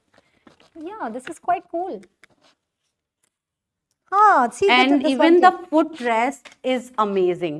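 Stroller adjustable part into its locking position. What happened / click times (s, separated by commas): The part is being handled but has not yet locked into place / none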